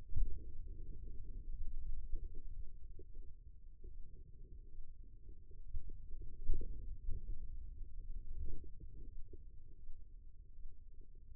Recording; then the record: forearm muscle sounds (acoustic myography)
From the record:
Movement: finger pinch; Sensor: system 2, bracelet of six BSWA MPA416 microphones around the upper forearm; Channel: 3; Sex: female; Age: 25 years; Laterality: right